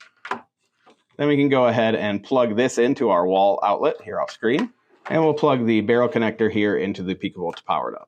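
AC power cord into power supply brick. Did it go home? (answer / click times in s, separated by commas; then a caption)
yes / 0.3 s. An AC power cord is pushed into the socket of a 12 V power supply brick and goes all the way in, clicking into place at 0.3 s, with short sharp sounds just before. Then someone talks for most of the rest of the clip.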